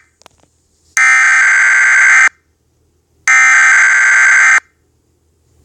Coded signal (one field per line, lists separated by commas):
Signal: Emergency Alert System (SAME) tones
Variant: header bursts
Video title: Emergency alert system scenario. Weirdmageddon